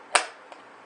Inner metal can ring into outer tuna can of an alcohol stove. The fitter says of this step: snaps right in all